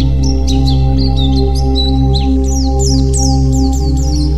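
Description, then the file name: White-eye song: high chirps building into a run of quick descending whistled slurs, with a continuous low hum throughout. White-eye 'terapi' (therapy) song. "terapi pleci"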